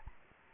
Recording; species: mosquito wingbeat signal from an infrared sensor; Aedes albopictus